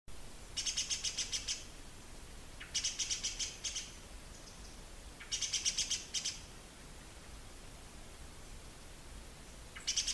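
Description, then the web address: Great spotted woodpecker giving agitated alarm calls, quick runs of harsh, high ticking notes in short bursts separated by pauses of about a second or more. Cries of a disturbed bird. "cries of a disturbed great spotted woodpecker dendrocopos major"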